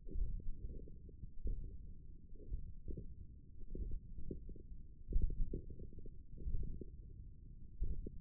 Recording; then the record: forearm muscle sounds (acoustic myography)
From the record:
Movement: ulnar deviation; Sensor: system 1, eight BSWA MPA416 microphones around the upper forearm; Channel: 1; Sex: male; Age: 20 years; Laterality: left